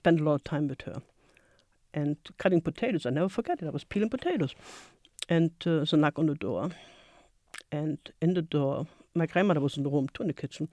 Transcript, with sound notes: I spent a lot of time with her and cutting potatoes. I'll never forget it. I was peeling potatoes. [sniffs] And there was a knock on the door and in the door — my grandmother was in the room too in the kitchen.